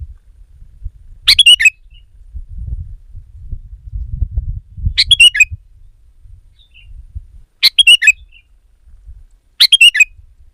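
Sooty-headed bulbul singing brief bubbly note clusters at intervals of a few seconds, over a faint low rumble.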